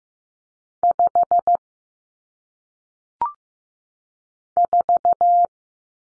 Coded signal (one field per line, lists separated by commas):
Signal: Morse code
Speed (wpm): 15 wpm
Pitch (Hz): 700 Hz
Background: none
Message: 5 4